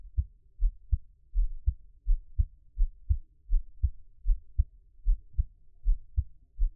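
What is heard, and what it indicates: Steady, regular low paired heart thumps at about 80 beats a minute from an adult's own heartbeat, heard up close, with no talking and no other sounds.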